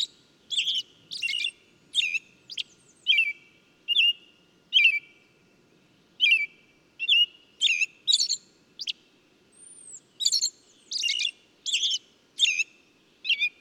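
Bird song: a series of sharp chirps and brief trills separated by short silences, with a single thin high whistle later on.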